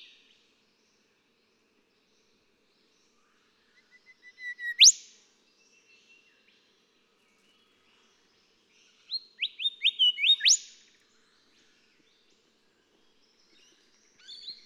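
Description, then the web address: Golden whistler song: a crescendo of notes ending in a sharp upslur, then a longer run of rising whistles, with faint notes afterward. "songs Golden Whistler"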